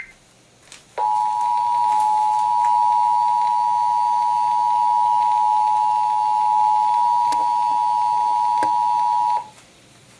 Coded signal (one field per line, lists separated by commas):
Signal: Emergency Alert System (SAME) tones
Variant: 853 and 960 Hz attention tone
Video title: BURPS AND TESTS... EAS Tests from April, 2021 (EAS #5,638 - 5,672)